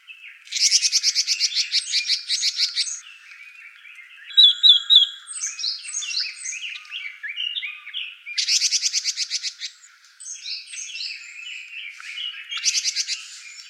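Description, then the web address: Red-billed leiothrix singing: rapid buzzy trilled phrases alternating with clearer whistled notes. Recorded 25 April 2017. "birdenaga sousityou 170425"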